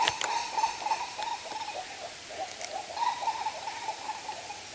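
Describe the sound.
Bird call: a rapid run of short, clipped notes on a steady pitch, repeating several times a second over a hissy, noisy background with scattered clicks.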